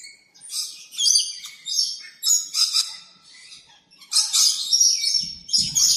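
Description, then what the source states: Bird giving rough, scratchy chatter in uneven phrases, with a few soft low thumps near the end. Recorded in Arizona.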